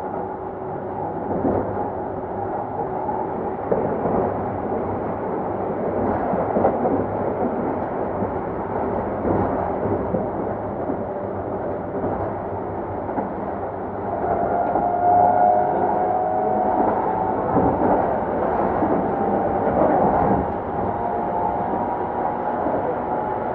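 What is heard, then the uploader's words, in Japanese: A Keikyu 2100 series train runs steadily, a dense, continuous rumble with rattling clatter and no quiet gaps. Around fourteen seconds the noise grows louder, and a brief thin whine rises over it near the fifteen-second mark before the roar settles again. 京急2100形 横浜〜三崎口。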